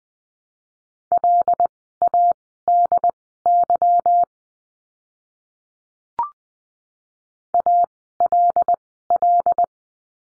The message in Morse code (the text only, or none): LADY ALL